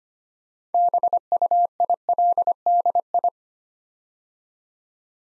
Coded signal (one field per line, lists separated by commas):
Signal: Morse code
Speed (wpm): 25 wpm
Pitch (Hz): 700 Hz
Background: none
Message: BUILDI